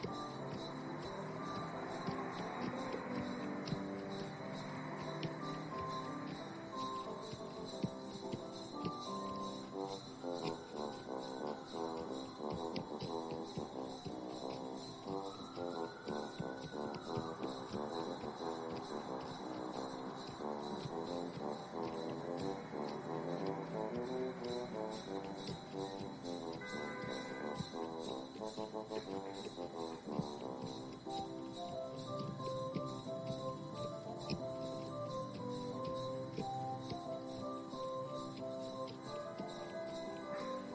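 A carriage ride on a snowy afternoon, with jingle bells ringing steadily throughout in a dense, bright shimmer. Beneath them runs a busy layer of melodic tones, and a high steady whine persists. Occasional rising, swooping sounds appear around ten and fifteen seconds.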